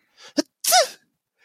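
An adult imitates a sneeze: a soft, dainty sneeze with a brief build-up before a short, airy burst, like a kitten sneezing.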